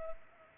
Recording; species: mosquito wingbeat signal from an infrared sensor; Culex pipiens